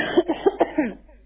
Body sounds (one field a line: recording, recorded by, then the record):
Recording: voluntary cough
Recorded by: telephone call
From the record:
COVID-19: positive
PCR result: self-reported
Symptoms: yes